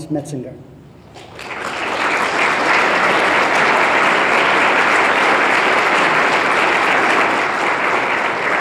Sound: applause and cheering